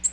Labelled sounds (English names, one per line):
Nashville Warbler flight call